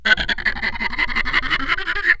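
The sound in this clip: Ape giving a rapid, harsh chattering series of calls, pulsed several times a second with barely a pause for about two seconds.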